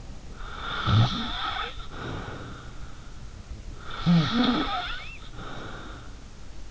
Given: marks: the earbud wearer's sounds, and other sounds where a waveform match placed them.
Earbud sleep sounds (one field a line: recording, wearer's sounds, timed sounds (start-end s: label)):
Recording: sounds in sleep by an in-ear microphone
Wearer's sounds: snoring breath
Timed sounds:
0.29-2.74 s: snoring breath
3.81-6.25 s: snoring breath